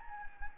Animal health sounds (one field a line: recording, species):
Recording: mosquito wingbeat signal from an infrared sensor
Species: Anopheles gambiae